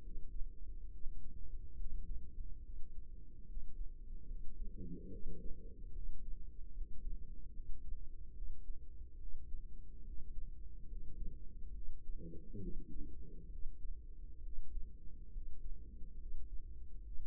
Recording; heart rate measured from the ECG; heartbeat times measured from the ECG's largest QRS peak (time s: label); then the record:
heart sounds by microphone in the right ear; 71 bpm
0.00 s: heartbeat
0.89 s: heartbeat
1.75 s: heartbeat
2.61 s: heartbeat
3.44 s: heartbeat
4.26 s: heartbeat
5.09 s: heartbeat
5.92 s: heartbeat
6.71 s: heartbeat
7.51 s: heartbeat
8.32 s: heartbeat
9.17 s: heartbeat
10.02 s: heartbeat
10.86 s: heartbeat
11.72 s: heartbeat
12.58 s: heartbeat
13.48 s: heartbeat
14.41 s: heartbeat
15.31 s: heartbeat
16.17 s: heartbeat
17.02 s: heartbeat
From the record:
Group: healthy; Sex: female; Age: 32 years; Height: 172 cm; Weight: 71.7 kg